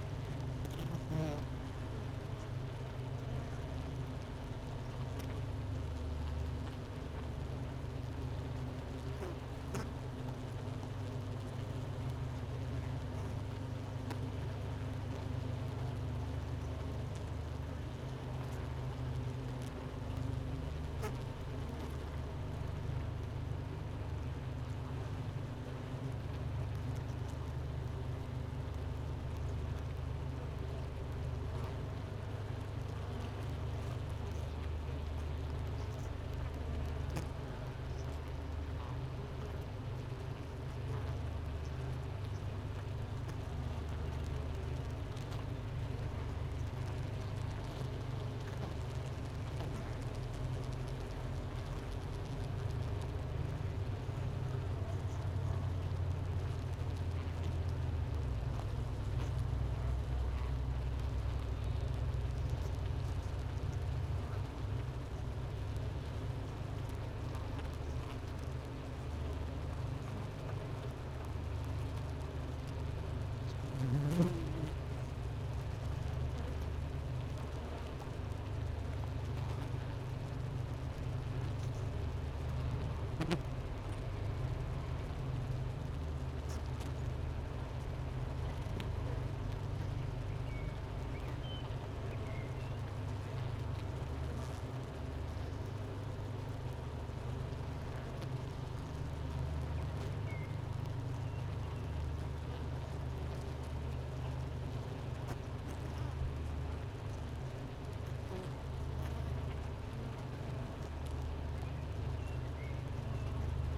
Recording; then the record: honeybee colony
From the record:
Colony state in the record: missing queen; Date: 31 May 2018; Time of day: 10:11